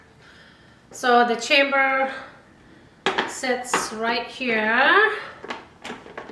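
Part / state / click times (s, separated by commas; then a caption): juicing chamber onto juicer motor base / not seated / none. The plastic juicing chamber of a Nama Cold Press Juicer Vitality 5800 is handled onto the juicer's motor base while someone talks. Short knocks and taps are heard near the end. Nothing has seated or clicked yet.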